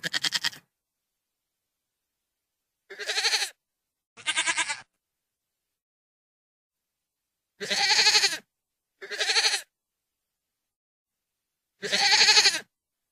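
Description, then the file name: Goat bleating, six separate nasal, quavering bleats at irregular intervals, each under a second long, with silence between them. "Odglosy zwierzat -koza"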